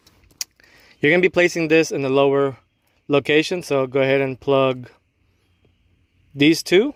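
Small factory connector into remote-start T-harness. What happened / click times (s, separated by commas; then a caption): The small connector snapped into place / 0.4 s. A small factory connector is pushed into a remote-start T-harness on a 2017 Acura TLX and seats with a sharp, loud click at 0.4 s, snapping fully into place. Faint handling noises come just before it, and then someone talks.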